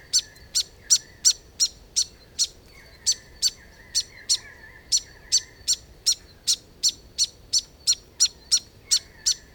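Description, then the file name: Grey fantail calls: sharp high clicking chips repeated two or three times a second, with drawn-out thin buzzy notes running beneath. "Rhipidura Albiscapa"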